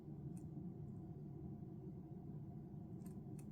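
Two beaded jewelry components are being handled to join them with a small metal snap clasp or connector on a necklace. Over a steady low background hum, only a few faint, light metallic ticks are heard near 0.4, 3.1 and 3.4 seconds. The clasp has not snapped shut or seated yet when the clip ends.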